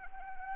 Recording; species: mosquito wingbeat signal from an infrared sensor; Anopheles arabiensis